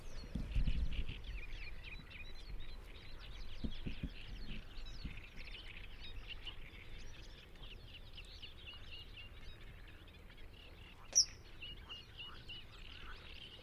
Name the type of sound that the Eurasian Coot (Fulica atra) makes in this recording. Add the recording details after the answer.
call. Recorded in the wild. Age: adult. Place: Hobrechtsfelder Rieselfelder, Naturpark Barnim, Brandenburg, DE. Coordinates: 52.6681, 13.4717. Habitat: pond. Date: 2008-05-12. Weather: wolkenlos, windstill, ca. 15°C. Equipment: Sound Devices 702, Sennheiser MKH 70, Windkorb. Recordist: Frommolt, Karl-Heinz